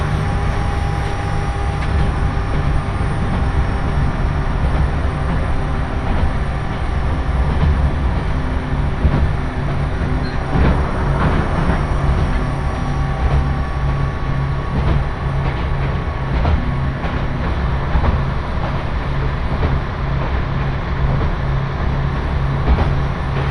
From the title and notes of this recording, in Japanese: 耳で楽しむ鉄道旅 長良川鉄道 ながら２号 美濃市→美濃太田。美濃市からも快速運転で走るので関と富加にのみ停車します。